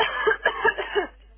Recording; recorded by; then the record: voluntary cough; telephone call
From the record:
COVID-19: positive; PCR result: self-reported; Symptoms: no